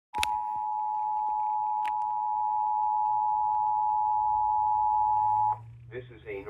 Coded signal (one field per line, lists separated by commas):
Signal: Emergency Alert System (SAME) tones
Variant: 853 and 960 Hz attention tone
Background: speech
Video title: Child Abduction Emergency EAS 32